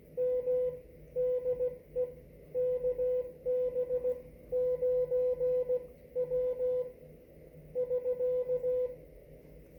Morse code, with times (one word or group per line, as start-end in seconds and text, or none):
0.2-0.7 M
1.2-2.0 DE
2.6-6.8 KB9W
7.8-8.9 <SK>